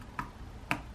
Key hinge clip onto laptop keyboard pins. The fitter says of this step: enough, all you should have to do is press in on the top corners to snap it in, just